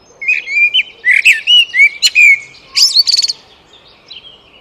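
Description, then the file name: Eurasian blackbird song: low fluted warbling notes, then a rapid high squeaky twitter ending the phrase, followed by quiet. "Turdus merula"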